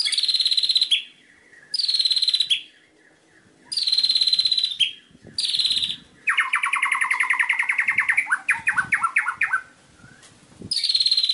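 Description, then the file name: White-rumped shama song: repeated high buzzy rattles separated by short gaps, with one longer, lower churring trill late on. Masteran tutor song used for training birds. "suara masteran murai batu"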